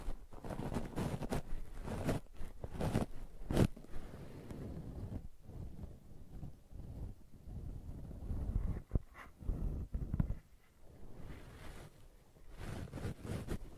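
Brushing and scratching with a rough, rumbling rustle that comes in uneven strokes, heavier in the low end. Sharp scratchy snaps stand out near 2, 3.5 and 9 seconds; the middle stretch is softer before dense strokes return toward the end.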